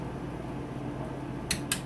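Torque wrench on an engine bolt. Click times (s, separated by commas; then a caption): 1.5 s, 1.7 s. During a re-check round on a 2017–2024 Honda CRF450R engine rebuild with a new crank and piston, a torque wrench tightens another engine bolt over a steady low hum. Two sharp metallic clicks come at 1.5 and 1.7 seconds, confirming the wrench has reached its setting.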